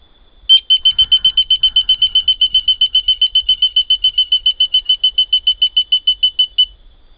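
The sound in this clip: Oreophryne penelopeia frog call: a fast, steady train of many clear, high tonal beeps at an even pitch, lasting about six seconds.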